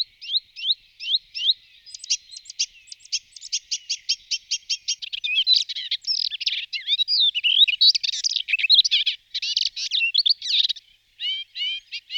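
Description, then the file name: Melodious warbler delivering a long, fast babbling song: repeated sharp chirps, then a rushing mix of scratchy, whistled and chattering phrases that keeps changing. "Sedmihlasek svitorivy Hippolais polyglotta"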